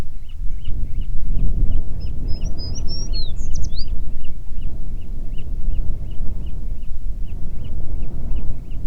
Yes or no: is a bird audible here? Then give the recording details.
yes. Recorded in the Prudhoe Bay oil fields, Alaska, on 9 June 2019 at 17:11. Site 21